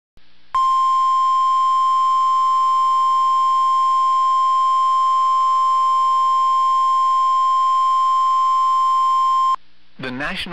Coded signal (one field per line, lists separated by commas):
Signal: Emergency Alert System (SAME) tones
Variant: 1050 Hz attention tone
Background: speech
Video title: TOR On KHB52 3/14/24 (EAS #2272)